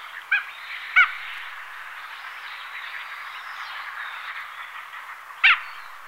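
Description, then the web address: Mandarin duck giving short, abrupt call notes, two early and one near the end, above a continuous busy background. "aix galericulata"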